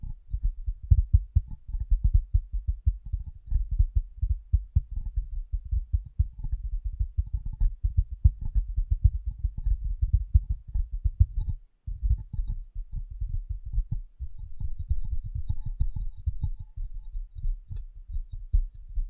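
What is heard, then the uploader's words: Soft, rapid tapping and rubbing on glass, muffled and low, runs almost without pause in dense, irregular flurries. Faint bright ticks flicker above the thudding. A brief silence breaks the pattern near twelve seconds before the tapping resumes, slightly sparser toward the end. ASMR Glass Brain Tapping & Cleaning (No Talking).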